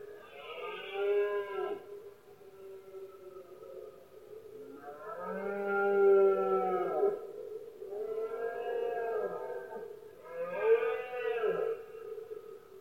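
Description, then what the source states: Red deer bellows in four long bursts of about two seconds each, harmonic and moaning, separated by quieter droning calls. Male red deer bellowing during the rutting season, known in Spanish as berrea or brama, heard especially at night in Spain; soundscape.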